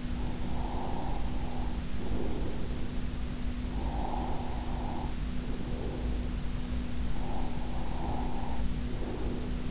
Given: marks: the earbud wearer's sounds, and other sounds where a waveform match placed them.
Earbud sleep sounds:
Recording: sounds in sleep by an in-ear microphone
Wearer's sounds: breath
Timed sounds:
0.33-2.75 s: breath
3.64-6.45 s: breath
7.07-9.71 s: breath

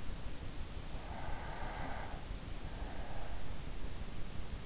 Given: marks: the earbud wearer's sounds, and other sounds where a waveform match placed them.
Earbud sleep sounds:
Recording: sounds in sleep by an in-ear microphone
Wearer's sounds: breath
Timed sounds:
0.72-3.23 s: breath

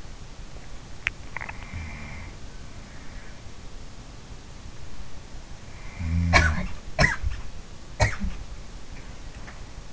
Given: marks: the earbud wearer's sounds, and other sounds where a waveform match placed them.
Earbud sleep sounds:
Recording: sounds in sleep by an in-ear microphone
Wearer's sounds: swallowing, cough or throat clearing or sniffle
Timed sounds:
0.00-2.70 s: swallowing
5.13-9.05 s: cough or throat clearing or sniffle

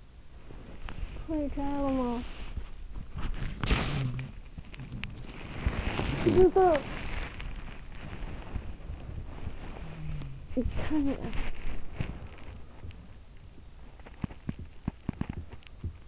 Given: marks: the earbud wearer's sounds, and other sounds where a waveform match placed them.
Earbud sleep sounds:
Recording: sounds in sleep by an in-ear microphone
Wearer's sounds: body movement, talking in sleep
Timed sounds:
0.00-16.08 s: body movement
0.87-2.51 s: talking in sleep
3.82-5.38 s: sound from someone else or the room
6.20-7.10 s: talking in sleep
9.84-10.55 s: sound from someone else or the room
10.55-11.63 s: talking in sleep

